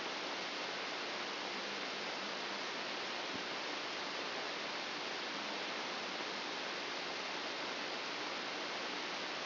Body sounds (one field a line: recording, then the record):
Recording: brain microelectrode recording played as sound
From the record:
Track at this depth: inside the subthalamic nucleus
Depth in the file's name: 0.03 mm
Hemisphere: left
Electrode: 2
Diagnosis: Parkinson's disease